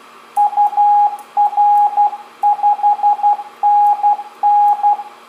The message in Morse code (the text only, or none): UR 5NN